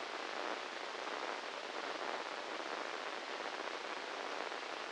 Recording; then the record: brain microelectrode recording played as sound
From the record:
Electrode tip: inside the subthalamic nucleus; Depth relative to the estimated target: -4 mm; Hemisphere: left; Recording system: NeuroSet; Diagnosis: Parkinson's disease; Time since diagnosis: 10 years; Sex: male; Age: 56 years